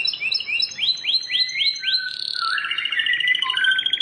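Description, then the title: Plain Prinia song: a few quick chirps leading into sweeping upslurred notes, then a lower, rattling, buzzy stretch to the end. "Ciblek Sawah"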